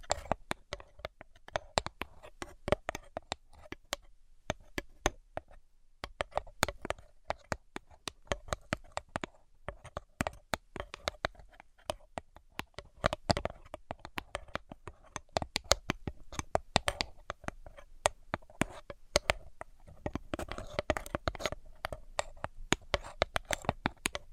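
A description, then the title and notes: Rapid tapping fills the whole clip, sharp clicks and knocks coming in irregular bursts, sometimes in quick flurries, sometimes with brief pauses. The taps sound crisp and bright, with a faint low hum underneath. ASMR Brain Penetrating 3D Tapping (No Talking).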